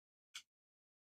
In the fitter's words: And a pretty nice click, that liner lock.